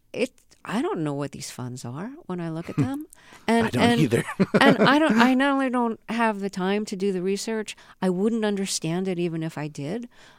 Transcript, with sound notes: I don't know what these funds are when I look at them.
I don't either.
(LAUGHTER)
And I not only don't have the time to do the research, I wouldn't understand it even if I did.